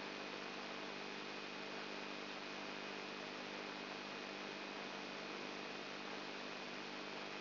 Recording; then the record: brain microelectrode recording played as sound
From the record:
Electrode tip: inside the subthalamic nucleus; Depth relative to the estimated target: -2 mm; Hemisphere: left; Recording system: AlphaMap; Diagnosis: Parkinson's disease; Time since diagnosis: 12 years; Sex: female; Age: 59 years